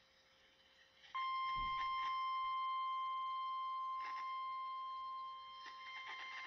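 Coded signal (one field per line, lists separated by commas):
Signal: Emergency Alert System (SAME) tones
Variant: 1050 Hz attention tone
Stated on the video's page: Severe thunderstorm warning received via an online weather radio stream.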